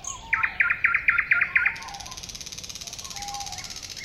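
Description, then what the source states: Thrush nightingale song, a rapid run of hard knocking notes, then a long even dry rattle that continues steadily to the end. At a woodland edge next to a lake.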